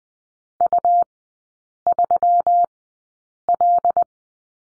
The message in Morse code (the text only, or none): U3L